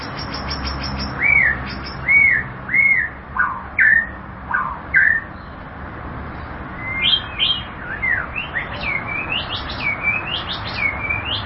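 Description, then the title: White-rumped shama song opening with a series of evenly spaced, arched whistles, then shifting into quicker, more varied twisting notes and slurs. "Kicau Murai Batu"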